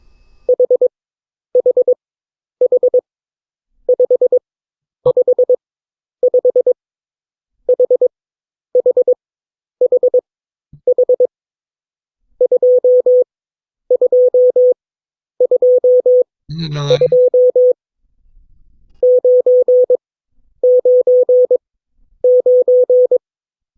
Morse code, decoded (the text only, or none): HHH555 HHHH 2222 999